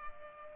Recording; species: mosquito wingbeat signal from an infrared sensor; Culex pipiens